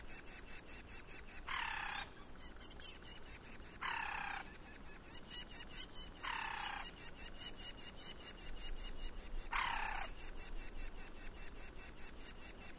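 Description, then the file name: Woodpecker uttering four rasping, noisy calls spaced a few seconds apart, with rapid rhythmic insect pulsing throughout. "jh-050723-wkpkr"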